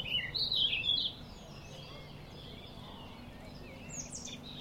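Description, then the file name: Eurasian blackcap song: a loud, bright burst of quick warbled notes lasting about a second, then near quiet with faint chirps. "Sylvia atricapilla"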